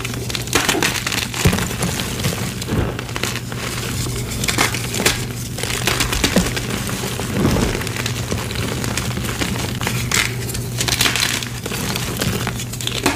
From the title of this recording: Fresh & Dyed Blocks Random Gym Chalk Crushing Compilation